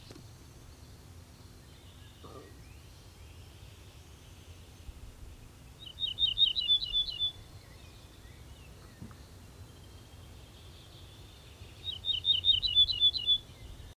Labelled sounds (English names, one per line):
Ortolan Bunting song